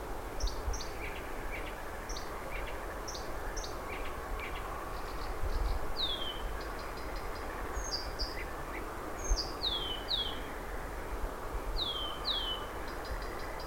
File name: Blyths Reed Warbler